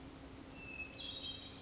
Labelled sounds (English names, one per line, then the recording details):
Hermit Thrush
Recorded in Sonoma County, California